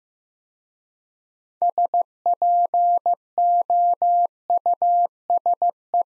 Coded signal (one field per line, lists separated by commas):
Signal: Morse code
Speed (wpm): 15 wpm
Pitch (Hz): 700 Hz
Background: none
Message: SPOUSE